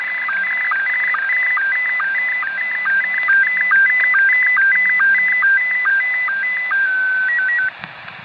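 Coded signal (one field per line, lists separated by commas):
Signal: SSTV (slow-scan television)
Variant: Scottie 1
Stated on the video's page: SSTV sound heard on a pirate radio station.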